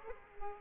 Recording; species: mosquito wingbeat signal from an infrared sensor; Culex quinquefasciatus